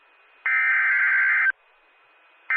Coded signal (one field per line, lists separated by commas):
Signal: Emergency Alert System (SAME) tones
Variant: header bursts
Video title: Virtual EAS Partial Double Header Severe Thunderstorm Warning and Special Marine Warning